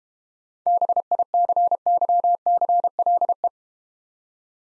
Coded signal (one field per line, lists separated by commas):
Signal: Morse code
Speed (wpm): 31 wpm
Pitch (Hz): 700 Hz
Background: none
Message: BICYCLE